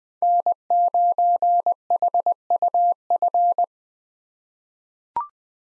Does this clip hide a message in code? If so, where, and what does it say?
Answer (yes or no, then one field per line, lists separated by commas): yes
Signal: Morse code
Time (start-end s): 0.2-3.6 s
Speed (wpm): 20 wpm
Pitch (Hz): 700 Hz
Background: none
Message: N9HUF